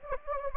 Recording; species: mosquito wingbeat signal from an infrared sensor; Anopheles gambiae